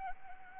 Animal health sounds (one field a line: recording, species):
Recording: mosquito wingbeat signal from an infrared sensor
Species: Anopheles arabiensis